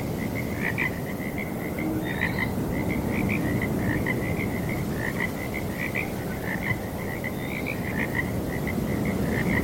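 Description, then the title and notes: Frogs croak continuously in a thick chorus of short repeated calls. Frogs calling on a breezy night. "Owls Hooting and Frogs on Breezy Night. Sleep and Relaxation Podcast"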